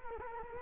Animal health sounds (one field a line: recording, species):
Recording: mosquito wingbeat signal from an infrared sensor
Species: Culex quinquefasciatus